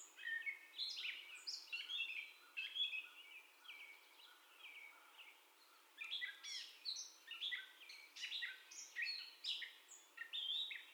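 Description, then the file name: Gray catbird song, a long jumbled run of varied squeaks, mews and chattering notes, denser in the second half, with no other clear sounds. Described as the catbird's first song, recorded on 30 May 2021. "2021-05-30 Catbird First Song"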